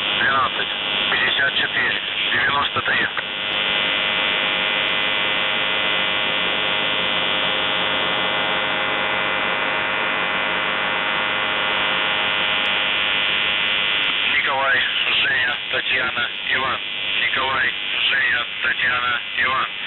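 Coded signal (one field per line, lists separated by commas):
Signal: coded military voice message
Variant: UVB-76, Russian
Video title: UVB-76/The Buzzer Voice Message - June 14, 2023 14:05 UTC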